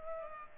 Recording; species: mosquito wingbeat signal from an infrared sensor; Culex pipiens